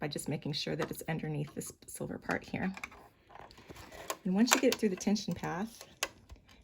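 Thread is pulled through the tension path of a White Speedylock 1600 differential serger, passing underneath a silver part until it seats in the tension discs. Someone talks throughout, with light small ticks of thread handling. A sharp click at 6.0 seconds marks the thread seating in the tension discs.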